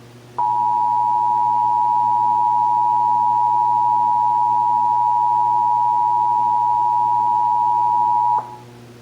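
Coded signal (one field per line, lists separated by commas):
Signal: Emergency Alert System (SAME) tones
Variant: 853 and 960 Hz attention tone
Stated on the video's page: Texas Required Monthly Test heard on several radio and TV stations.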